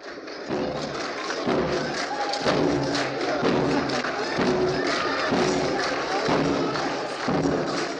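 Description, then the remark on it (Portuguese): A dense, loud street-carnival crowd on Portobello Road, London, chants and shouts over steady booming drum hits that pound in a regular rhythm, with brief tonal horn blasts poking through the noisy din, at the birth of a new political movement, the Gnomes' Movement. “Em meio a cânticos, gritos, tambores e cornetas, Portobello testemunhou o nascimento de um novo movimento político.”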